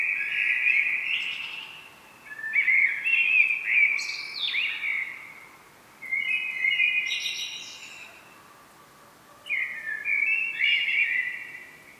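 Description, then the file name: Common blackbird singing four rich, warbling phrases in succession, each mellow and fluty with scratchy high flourishes, separated by short pauses. "Turdus merula"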